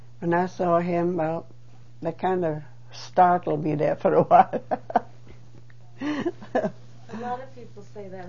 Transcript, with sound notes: When I saw him, well, it kind od startled me there for a while. (She laughs.)
A lot of people say that.